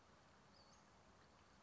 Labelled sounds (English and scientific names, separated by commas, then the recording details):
Western Flycatcher (Empidonax difficilis)
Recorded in Sonoma County, California